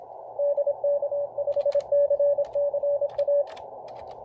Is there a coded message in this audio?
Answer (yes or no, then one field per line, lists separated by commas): yes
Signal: Morse code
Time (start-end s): 0.4-3.4 s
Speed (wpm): 25 wpm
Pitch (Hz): 570 Hz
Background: radio noise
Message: DK5CCA